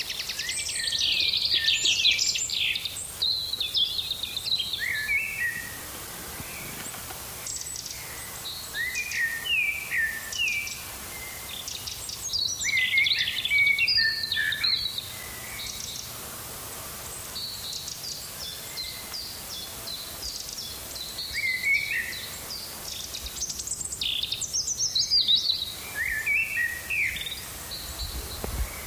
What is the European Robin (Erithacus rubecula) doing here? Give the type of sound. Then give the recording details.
song. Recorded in the wild. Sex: male. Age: adult. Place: Ebeltoft, Halbinsel Mols, DK. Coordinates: 56.2239, 10.5783. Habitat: open country. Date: 1994-04-08. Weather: hazy, rime, ca. 0°C. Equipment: Sony WM-D6C, Sennheiser MKH 70, Kopie Revox C 270. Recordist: Frommolt, Karl-Heinz